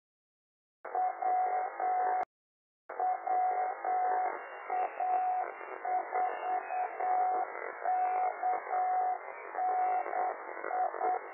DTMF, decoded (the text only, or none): none